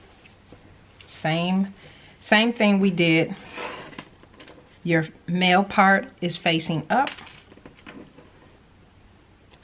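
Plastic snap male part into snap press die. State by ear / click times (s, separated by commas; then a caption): not seated / none. Someone talks while setting the male half of a plastic snap, turned smooth side down, into the groove of a KAMSNAP table press die before pressing it. Brief light taps from the handling are heard around 4.0–4.4 s and 7.7–7.9 s. The snap has not been pressed yet, and nothing has seated or clicked.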